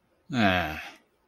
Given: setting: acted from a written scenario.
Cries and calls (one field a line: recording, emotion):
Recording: vocal sound without words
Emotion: contempt